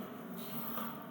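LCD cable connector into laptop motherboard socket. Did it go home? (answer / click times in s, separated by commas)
no / none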